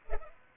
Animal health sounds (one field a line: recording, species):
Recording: mosquito wingbeat signal from an infrared sensor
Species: Culex pipiens